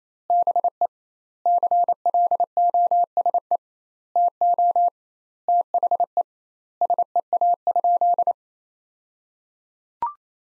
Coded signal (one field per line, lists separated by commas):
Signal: Morse code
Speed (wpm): 28 wpm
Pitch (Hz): 700 Hz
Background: none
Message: BE CLOSE TO THE SEA?